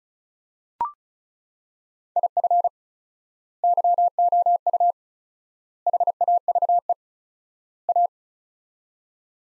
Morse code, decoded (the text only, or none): IF YOU HAVE A